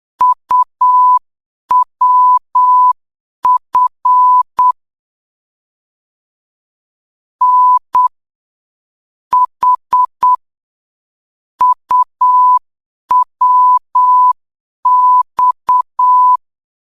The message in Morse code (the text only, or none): UWF N H UWX